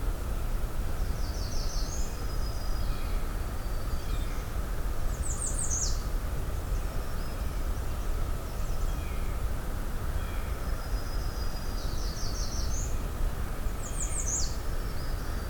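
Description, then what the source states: Blue-headed vireo song: several short, high slurred phrases separated by pauses, over steady low background noise. Song said to sound like saying 'vireo', a sweeter-sounding version of the red-eyed vireo's song; species less vocal.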